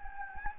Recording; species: mosquito wingbeat signal from an infrared sensor; Anopheles gambiae